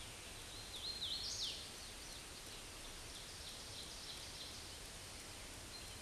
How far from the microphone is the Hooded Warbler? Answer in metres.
about 45 m